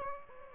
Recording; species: mosquito wingbeat signal from an infrared sensor; Aedes aegypti